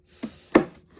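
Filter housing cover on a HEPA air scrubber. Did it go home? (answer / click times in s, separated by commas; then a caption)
yes / 0.6 s. After the secondary filter is swapped in a HEPA air scrubber, the filter housing cover is closed by hand with no tools. A softer knock at 0.2 s comes first, then a sharp, loud click at 0.6 s as the cover locks into place.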